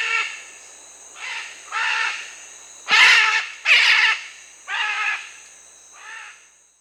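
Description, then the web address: Red-and-green macaw calling with harsh, braying squawks repeated about once a second, two louder screeches in the middle, over a steady high hum. Recorded in Bolivia and Peru. "Birds of the Amazon. Red-and-green Macaw (Ara chloroptera), Bolivia, Peru"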